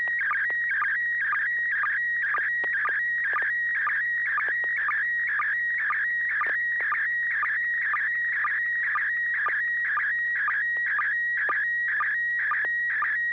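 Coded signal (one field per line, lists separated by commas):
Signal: SSTV (slow-scan television)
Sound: warbling, chirping tone scanning up and down, with short low sync clicks about twice a second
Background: low steady hum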